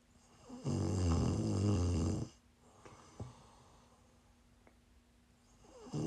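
An adult woman snoring in her sleep: one loud, low, rattling snore lasting about a second and a half, then quiet breathing, with another snore beginning at the end.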